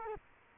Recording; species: mosquito wingbeat signal from an infrared sensor; Culex quinquefasciatus